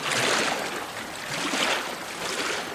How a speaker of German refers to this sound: Er spürt die Strömung des Atlantiks, des Meers, der Finsternis, die ihn abtreibt und mit sich nehmen will. Mit aller Kraft paddelt er dagegen an. Und paddelt und paddelt.